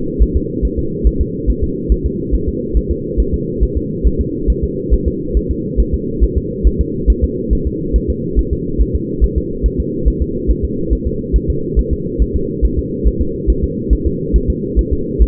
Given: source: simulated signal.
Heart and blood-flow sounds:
fetal heart sounds
0.22 s: S1
0.36 s: S2
0.65 s: S1
0.79 s: S2
1.07 s: S1
1.21 s: S2
1.50 s: S1
1.64 s: S2
1.92 s: S1
2.06 s: S2
2.34 s: S1
2.49 s: S2
2.77 s: S1
2.91 s: S2
3.20 s: S1
3.34 s: S2
3.63 s: S1
3.77 s: S2
4.07 s: S1
4.21 s: S2
4.50 s: S1
4.64 s: S2
4.94 s: S1
5.08 s: S2
5.37 s: S1
5.51 s: S2
5.80 s: S1
5.94 s: S2
6.23 s: S1
6.38 s: S2
6.67 s: S1
6.81 s: S2
7.10 s: S1
7.24 s: S2
7.53 s: S1
7.67 s: S2
7.96 s: S1
8.10 s: S2
8.39 s: S1
8.53 s: S2
8.81 s: S1
8.95 s: S2
9.24 s: S1
9.38 s: S2
9.66 s: S1
9.80 s: S2
10.08 s: S1
10.22 s: S2
10.51 s: S1
10.65 s: S2
10.93 s: S1
11.07 s: S2
11.36 s: S1
11.50 s: S2
11.79 s: S1
11.93 s: S2
12.22 s: S1
12.36 s: S2
12.65 s: S1
12.79 s: S2
13.07 s: S1
13.22 s: S2
13.50 s: S1
13.64 s: S2
13.93 s: S1
14.07 s: S2
14.36 s: S1
14.50 s: S2
14.79 s: S1
14.93 s: S2
15.22 s: S1
From the record:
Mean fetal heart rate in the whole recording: 140 bpm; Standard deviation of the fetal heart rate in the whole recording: 2 bpm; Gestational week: 34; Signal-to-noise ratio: -6.6 dB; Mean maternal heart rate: 72 bpm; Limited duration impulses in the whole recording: present

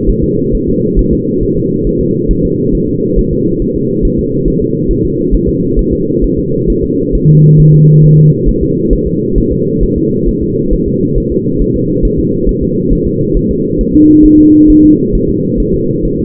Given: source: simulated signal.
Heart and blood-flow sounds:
fetal heart sounds
0.09 s: S1
0.24 s: S2
0.55 s: S1
0.69 s: S2
0.99 s: S1
1.13 s: S2
1.43 s: S1
1.57 s: S2
1.87 s: S1
2.01 s: S2
2.31 s: S1
2.45 s: S2
2.75 s: S1
2.89 s: S2
3.19 s: S1
3.33 s: S2
3.62 s: S1
3.76 s: S2
4.05 s: S1
4.19 s: S2
4.48 s: S1
4.62 s: S2
4.91 s: S1
5.05 s: S2
5.34 s: S1
5.49 s: S2
5.79 s: S1
5.93 s: S2
6.24 s: S1
6.39 s: S2
6.70 s: S1
6.84 s: S2
7.15 s: S1
7.30 s: S2
7.60 s: S1
7.74 s: S2
8.04 s: S1
8.19 s: S2
8.49 s: S1
8.63 s: S2
8.93 s: S1
9.07 s: S2
9.38 s: S1
9.52 s: S2
9.83 s: S1
9.98 s: S2
10.29 s: S1
10.43 s: S2
10.73 s: S1
10.88 s: S2
11.18 s: S1
11.32 s: S2
11.62 s: S1
11.76 s: S2
12.05 s: S1
12.19 s: S2
12.49 s: S1
12.63 s: S2
12.93 s: S1
13.07 s: S2
13.37 s: S1
13.51 s: S2
13.81 s: S1
13.95 s: S2
14.26 s: S1
14.40 s: S2
14.70 s: S1
14.84 s: S2
15.15 s: S1
15.29 s: S2
15.60 s: S1
15.74 s: S2
16.05 s: S1
16.19 s: S2
From the record:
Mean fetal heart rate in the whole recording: 135 bpm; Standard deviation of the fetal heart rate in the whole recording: 3 bpm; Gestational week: 36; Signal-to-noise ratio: -11.2 dB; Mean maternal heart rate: 72 bpm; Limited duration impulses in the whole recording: present

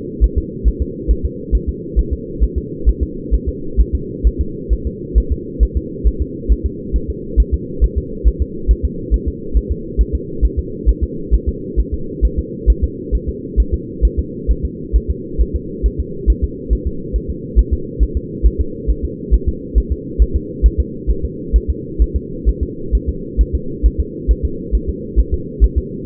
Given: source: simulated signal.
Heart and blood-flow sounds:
fetal heart sounds
0.24 s: S1
0.38 s: S2
0.68 s: S1
0.82 s: S2
1.11 s: S1
1.25 s: S2
1.55 s: S1
1.69 s: S2
1.99 s: S1
2.13 s: S2
2.44 s: S1
2.58 s: S2
2.89 s: S1
3.03 s: S2
3.34 s: S1
3.49 s: S2
3.81 s: S1
3.95 s: S2
4.27 s: S1
4.41 s: S2
4.73 s: S1
4.87 s: S2
5.18 s: S1
5.32 s: S2
5.63 s: S1
5.77 s: S2
6.07 s: S1
6.22 s: S2
6.52 s: S1
6.66 s: S2
6.96 s: S1
7.10 s: S2
7.40 s: S1
7.54 s: S2
7.84 s: S1
7.98 s: S2
8.28 s: S1
8.42 s: S2
8.71 s: S1
8.85 s: S2
9.14 s: S1
9.28 s: S2
9.57 s: S1
9.72 s: S2
10.01 s: S1
10.15 s: S2
10.45 s: S1
10.59 s: S2
10.89 s: S1
11.04 s: S2
11.34 s: S1
11.49 s: S2
11.80 s: S1
11.94 s: S2
12.25 s: S1
12.39 s: S2
12.70 s: S1
12.84 s: S2
13.15 s: S1
13.29 s: S2
13.60 s: S1
13.74 s: S2
14.05 s: S1
14.19 s: S2
14.51 s: S1
14.65 s: S2
14.96 s: S1
15.10 s: S2
15.41 s: S1
15.56 s: S2
15.86 s: S1
16.00 s: S2
16.30 s: S1
16.44 s: S2
16.73 s: S1
16.87 s: S2
17.16 s: S1
17.30 s: S2
17.59 s: S1
17.73 s: S2
18.03 s: S1
18.17 s: S2
18.46 s: S1
18.61 s: S2
18.90 s: S1
19.05 s: S2
19.34 s: S1
19.48 s: S2
19.78 s: S1
19.92 s: S2
20.22 s: S1
20.36 s: S2
20.66 s: S1
20.80 s: S2
21.11 s: S1
21.25 s: S2
21.56 s: S1
21.70 s: S2
22.02 s: S1
22.16 s: S2
22.49 s: S1
22.63 s: S2
22.95 s: S1
23.09 s: S2
23.41 s: S1
23.55 s: S2
23.86 s: S1
24.00 s: S2
24.31 s: S1
24.45 s: S2
24.75 s: S1
24.90 s: S2
25.20 s: S1
25.34 s: S2
25.64 s: S1
25.78 s: S2
From the record:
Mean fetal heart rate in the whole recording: 135 bpm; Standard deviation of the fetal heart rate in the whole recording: 3 bpm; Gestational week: 34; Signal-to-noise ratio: -4.3 dB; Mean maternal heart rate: 72 bpm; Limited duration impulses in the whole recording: absent

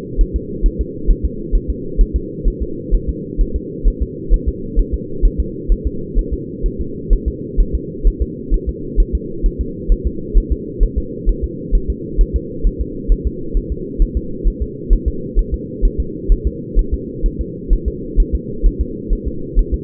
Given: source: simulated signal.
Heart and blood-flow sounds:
fetal heart sounds
0.21 s: S1
0.36 s: S2
0.66 s: S1
0.81 s: S2
1.10 s: S1
1.25 s: S2
1.56 s: S1
1.70 s: S2
2.01 s: S1
2.16 s: S2
2.48 s: S1
2.62 s: S2
2.94 s: S1
3.09 s: S2
3.41 s: S1
3.56 s: S2
3.88 s: S1
4.02 s: S2
4.34 s: S1
4.48 s: S2
4.79 s: S1
4.94 s: S2
5.25 s: S1
5.40 s: S2
5.72 s: S1
5.87 s: S2
6.19 s: S1
6.34 s: S2
6.66 s: S1
6.81 s: S2
7.13 s: S1
7.28 s: S2
7.60 s: S1
7.75 s: S2
8.07 s: S1
8.22 s: S2
8.54 s: S1
8.69 s: S2
9.00 s: S1
9.15 s: S2
9.46 s: S1
9.61 s: S2
9.92 s: S1
10.07 s: S2
10.38 s: S1
10.52 s: S2
10.83 s: S1
10.98 s: S2
11.29 s: S1
11.44 s: S2
11.75 s: S1
11.90 s: S2
12.21 s: S1
12.36 s: S2
12.67 s: S1
12.81 s: S2
13.12 s: S1
13.27 s: S2
13.57 s: S1
13.72 s: S2
14.02 s: S1
14.17 s: S2
14.47 s: S1
14.62 s: S2
14.93 s: S1
15.08 s: S2
15.39 s: S1
15.54 s: S2
15.85 s: S1
16.00 s: S2
16.32 s: S1
16.47 s: S2
16.79 s: S1
16.94 s: S2
17.26 s: S1
17.41 s: S2
17.73 s: S1
17.88 s: S2
18.20 s: S1
18.35 s: S2
18.66 s: S1
18.81 s: S2
19.13 s: S1
19.28 s: S2
19.59 s: S1
19.74 s: S2
From the record:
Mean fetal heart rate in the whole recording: 130 bpm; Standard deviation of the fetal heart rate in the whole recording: 4 bpm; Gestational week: 38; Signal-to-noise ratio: -4.3 dB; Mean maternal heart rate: 72 bpm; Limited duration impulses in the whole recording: absent

